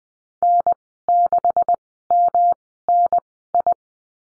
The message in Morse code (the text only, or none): N6MNI